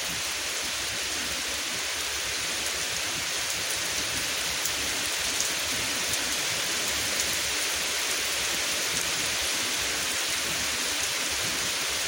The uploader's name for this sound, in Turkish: Yağmur Sesi